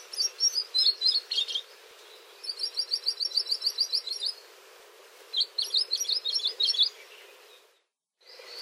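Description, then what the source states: Anianiau whisper singing: several soft bursts of fast, high chirped notes, one a neat even run, separated by short pauses. Soft, sweet whisper songs, less imitative than those of Amakihi or Akeke'e, given from inconspicuous perches.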